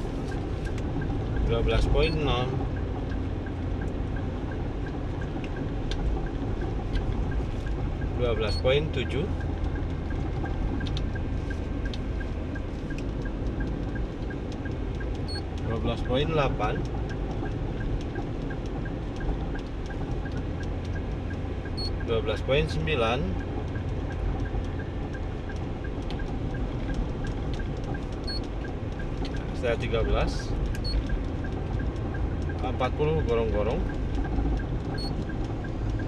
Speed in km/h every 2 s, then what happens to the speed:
54, 54, 54, 54, 54, 53, 54, 55, 55, 55, 55, 55, 54, 54, 53, 53, 53, 53.
0-36 steady at about 54.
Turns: none.